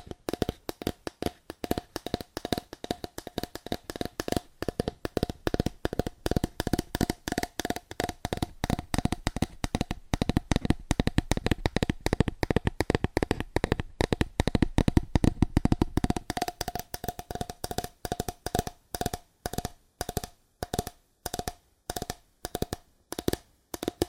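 Fast, aggressive tapping on cardboard, a dense stream of sharp dry hits that runs almost without pause. The taps crowd together and grow heavier toward the middle, then thin into a steadier, evenly spaced rhythm after about sixteen seconds.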